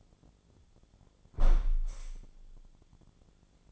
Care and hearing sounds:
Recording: daily activity, microphone in the room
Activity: close window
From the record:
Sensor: 5

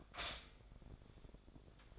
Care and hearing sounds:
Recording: daily activity, microphone in the room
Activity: stop toaster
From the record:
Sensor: 5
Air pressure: 1004.3 hPa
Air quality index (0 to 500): 170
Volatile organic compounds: 4 ppm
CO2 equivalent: 1594 ppm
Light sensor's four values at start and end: 34/108/41/40 and 34/108/41/40

